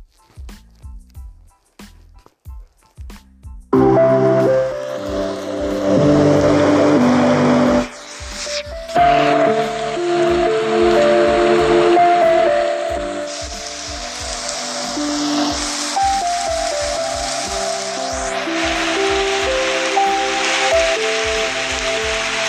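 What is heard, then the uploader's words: Rain sound: a steady, dense hiss that swells in at about four seconds and holds, dipping briefly near eight seconds. Beneath it run sustained tones like held musical notes, and a regular low thump repeats from start to finish. Relax Rain sound.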